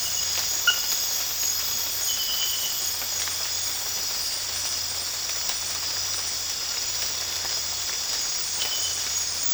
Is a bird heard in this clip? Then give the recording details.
no. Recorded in dense forest near Puerto Asís, Putumayo, Colombia, on 8 March 2025 at 02:00. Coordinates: 0.484, -76.325. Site G045